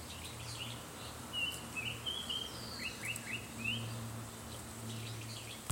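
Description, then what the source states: Black paradise flycatcher whistled phrase, a run of clear sliding notes rising and falling in quick succession, over a low steady hum and faint background chirps. June 2025; described as a distinctive bird call being heard now.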